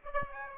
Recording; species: mosquito wingbeat signal from an infrared sensor; Aedes aegypti